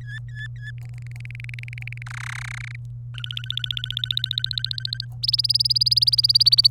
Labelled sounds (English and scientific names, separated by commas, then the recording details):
Domestic Canary (Serinus canaria) song
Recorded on 27 April 2018 at 13:05
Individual llb3